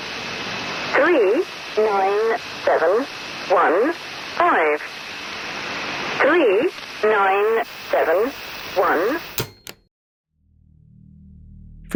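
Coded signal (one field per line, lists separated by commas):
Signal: numbers station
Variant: Lincolnshire Poacher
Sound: about eight short, evenly spaced spoken words through hissy radio static, then a cut to silence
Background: radio static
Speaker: That station was the Lincolnshshire Poacher. It was nicknamed for the English folk tune that played before each transmission. Listen closely.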